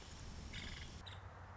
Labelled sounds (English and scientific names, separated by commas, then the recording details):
Nuttall's Woodpecker (Dryobates nuttallii)
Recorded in Sonoma County, California